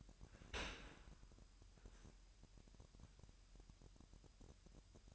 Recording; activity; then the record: daily activity, microphone in the room; open dishwasher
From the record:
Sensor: 2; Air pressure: 998.2 hPa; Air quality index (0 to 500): 147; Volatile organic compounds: 4 ppm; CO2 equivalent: 1660 ppm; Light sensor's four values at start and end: 10/30/12/11 and 10/30/12/11